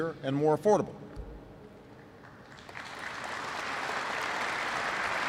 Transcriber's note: applause